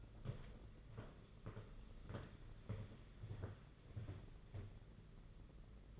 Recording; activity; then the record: daily activity, microphone in the room; walk to room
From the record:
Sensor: 4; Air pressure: 992.8 hPa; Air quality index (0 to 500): 176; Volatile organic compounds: 347 ppm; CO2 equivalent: 4578 ppm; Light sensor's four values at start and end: 4/10/4/4 and 4/10/4/4